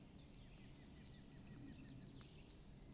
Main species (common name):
Common Chiffchaff